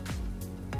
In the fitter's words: Bila dah lock, dia takkan tercabut lah.